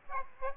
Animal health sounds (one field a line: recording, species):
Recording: mosquito wingbeat signal from an infrared sensor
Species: Aedes aegypti